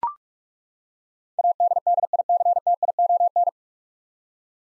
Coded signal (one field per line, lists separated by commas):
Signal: Morse code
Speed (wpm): 41 wpm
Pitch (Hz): 700 Hz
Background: none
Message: ADDICTION